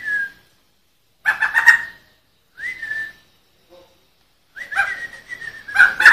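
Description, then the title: Sumatran laughingthrush song: whistled slurs and brief chattering bursts separated by gaps, ending in a longer whistled roll. Rolling song style called 'ngerol'. "Suara Ngerol Poksai Jambul Sumatra Istimewa"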